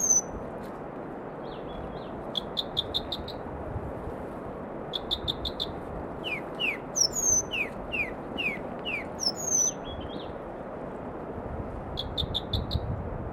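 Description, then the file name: Firethroat song, groups of high clipped notes mixed with descending slurred whistles and thin high notes, over steady low background noise. "firethroat Calliope-pectardens"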